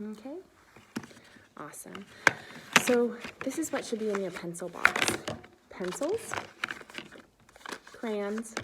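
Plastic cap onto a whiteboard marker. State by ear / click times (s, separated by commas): seated / 1.0 s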